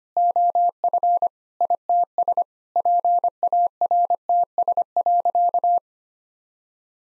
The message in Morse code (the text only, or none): OF ITS PARTS.